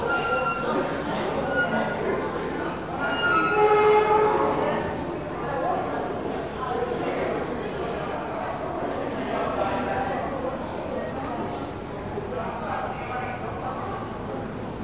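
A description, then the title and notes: A crowd moves through a busy station platform, with many voices overlapping into a steady, dense murmur. Brief tonal squeals ring out around three to four seconds, louder than the rest, and a low rumble runs underneath throughout. Van Sinderen Main Entrance Platform. We begin inside the cavernous main platform of the Broadway Junction with a dense array of sounds filling the stereo field. As crowds of people pass by, the most prominent noises are coming from the three story escalators around the corner, creaking and groaning like a cross between an injured flamingo and a tuba sample.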